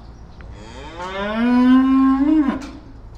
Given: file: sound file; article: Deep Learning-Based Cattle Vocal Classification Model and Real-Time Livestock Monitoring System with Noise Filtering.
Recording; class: cattle; estrus call